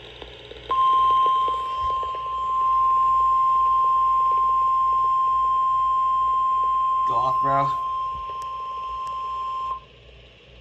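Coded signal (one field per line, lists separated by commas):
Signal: Emergency Alert System (SAME) tones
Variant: 1050 Hz attention tone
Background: speech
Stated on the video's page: Severe thunderstorm warning received on a weather radio station.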